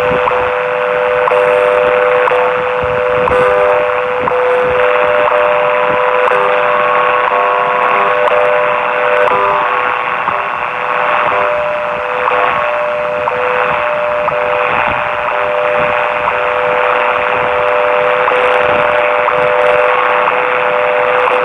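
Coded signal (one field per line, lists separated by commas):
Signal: radio time signal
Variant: WWV and WWVH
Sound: a steady mid-pitched tone running through dense shortwave static and fading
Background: radio static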